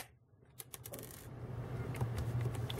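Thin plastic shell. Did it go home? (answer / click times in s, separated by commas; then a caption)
no / none. Pressing on another side of the plastic shell of a Dell Inspiron 11 3000 series laptop with a bad keyboard, where a broken plastic case clip on the chassis no longer catches. A few light plastic ticks come near 0.6 to 0.9 s, followed by a growing rubbing and handling noise and two more ticks near 2.7 and 2.8 s. Nothing has latched or clicked into place yet.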